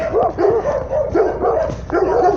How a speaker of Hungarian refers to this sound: Kutya! Kicsi kutya!